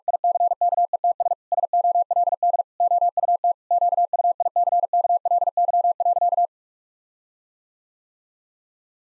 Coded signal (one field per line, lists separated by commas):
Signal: Morse code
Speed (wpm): 46 wpm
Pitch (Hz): 700 Hz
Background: none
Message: ICKETS SOLD OUT QUICKLY.